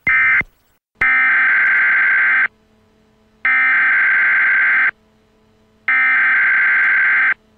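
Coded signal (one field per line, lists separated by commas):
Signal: Emergency Alert System (SAME) tones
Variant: header bursts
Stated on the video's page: Alert recreated from the movie Atomic Train.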